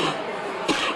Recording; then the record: coughing mixed with background sound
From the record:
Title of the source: 64 coughing, allergies, singing lungs